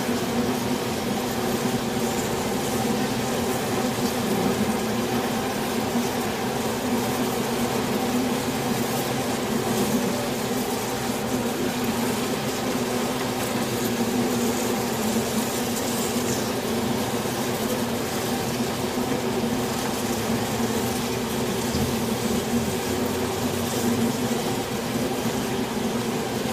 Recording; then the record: honeybee colony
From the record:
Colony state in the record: swarm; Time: day